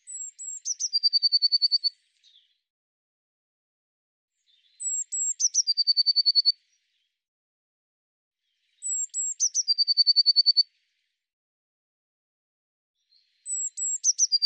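Eurasian blue tit giving thin, high descending notes followed by a rapid trill, the phrase repeated about every four seconds, three full phrases and the start of a fourth.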